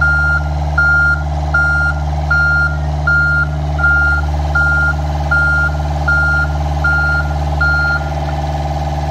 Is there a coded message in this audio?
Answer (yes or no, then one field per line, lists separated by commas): no